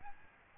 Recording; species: mosquito wingbeat signal from an infrared sensor; Aedes albopictus